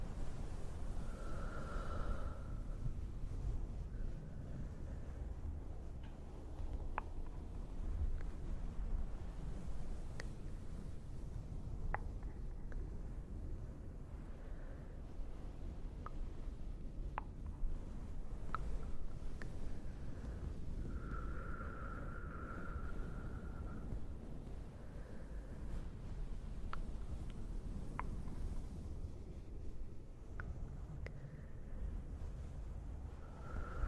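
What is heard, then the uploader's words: Cave sounds: a steady, dense low rumble fills the whole stretch, with scattered faint clicks and ticks dotted throughout. A thin, soft whistling tone rises briefly near the start, again around the twenty-second mark, and once more right at the end. Towel and fluffy CAVE SOUNDS (delicate echo).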